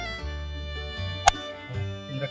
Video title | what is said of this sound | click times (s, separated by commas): 更換 TOYOTA Altis 頭燈保險絲 Replace the headlight fuse on the TOYOTA Altis | Press it down and press it back when you hear a click | 1.3 s